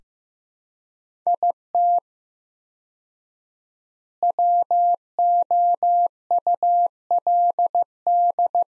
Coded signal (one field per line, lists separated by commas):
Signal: Morse code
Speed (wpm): 16 wpm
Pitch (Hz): 700 Hz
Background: none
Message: IT WOULD